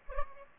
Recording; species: mosquito wingbeat signal from an infrared sensor; Aedes aegypti